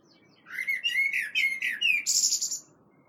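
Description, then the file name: Common blackbird song: a mellow, fluting warble of slurred notes around mid pitch, ending in a high, squeaky twittered flourish; quiet background otherwise. "Turdus merula"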